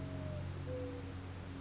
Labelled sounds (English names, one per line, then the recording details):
Mourning Dove
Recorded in Sonoma County, California